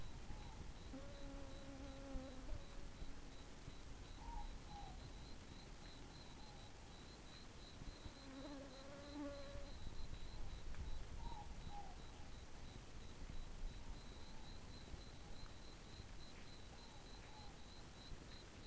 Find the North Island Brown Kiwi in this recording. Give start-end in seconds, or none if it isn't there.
none